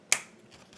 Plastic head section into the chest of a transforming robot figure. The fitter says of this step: that will just snap right into place and before